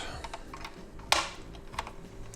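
A light warning buzzer for a VW instrument cluster (Caddy, Eos, Golf 5, Tiguan, Touran) is placed in its mount in the cluster housing and pressed in by hand during a buzzer repair. A few faint plastic taps come before one sharp, loud click at 1.1 s, followed by a smaller tap near 1.8 s. The buzzer clicks and is seated in the instrument cluster.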